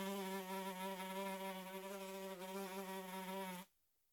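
Fly wing buzz, a constant humming drone with small pitch wobbles, lasting roughly three and a half seconds and then cutting off sharply into silence.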